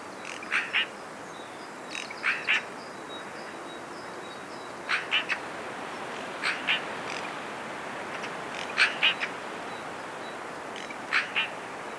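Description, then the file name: Eurasian magpie giving harsh, scratchy chacking notes in short pairs and triplets, repeated irregularly every couple of seconds over a broad background hiss. "Pica pica"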